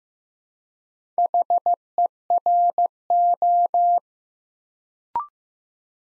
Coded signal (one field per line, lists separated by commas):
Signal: Morse code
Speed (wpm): 15 wpm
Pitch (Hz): 700 Hz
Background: none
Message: HERO